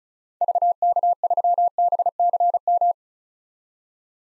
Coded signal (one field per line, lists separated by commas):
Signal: Morse code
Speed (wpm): 36 wpm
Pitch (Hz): 700 Hz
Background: none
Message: VK3BCM